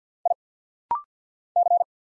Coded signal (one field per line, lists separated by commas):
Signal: Morse code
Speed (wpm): 50 wpm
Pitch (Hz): 700 Hz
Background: none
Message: I C